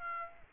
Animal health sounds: mosquito wingbeat signal from an infrared sensor; Aedes aegypti

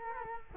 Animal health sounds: mosquito wingbeat signal from an infrared sensor; Culex quinquefasciatus

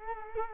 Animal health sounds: mosquito wingbeat signal from an infrared sensor; Culex quinquefasciatus

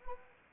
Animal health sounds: mosquito wingbeat signal from an infrared sensor; Anopheles arabiensis

